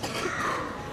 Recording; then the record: coughing mixed with background sound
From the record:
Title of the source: 61 morning phlegmy cough...again